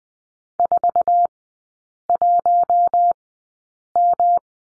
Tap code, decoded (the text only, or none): none